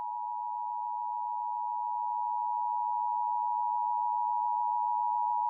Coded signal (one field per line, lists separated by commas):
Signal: Emergency Alert System (SAME) tones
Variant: 853 and 960 Hz attention tone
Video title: EAS #165-182 - More Monthly Tests (2/14-15/24)